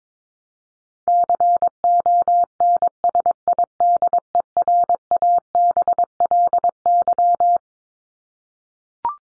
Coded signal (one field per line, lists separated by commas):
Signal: Morse code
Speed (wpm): 22 wpm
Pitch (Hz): 700 Hz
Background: none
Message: CONSIDERABLY